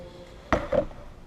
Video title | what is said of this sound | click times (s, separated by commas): Part 2 - Making a patch cord by Mr. Stark | once you've heard the click you could then take a look at it again you'll see what actually happened in this | 0.5 s